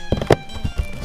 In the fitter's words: Just pops right in.